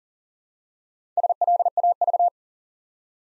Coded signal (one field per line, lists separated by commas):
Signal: Morse code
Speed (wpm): 39 wpm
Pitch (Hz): 700 Hz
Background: none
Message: SLAV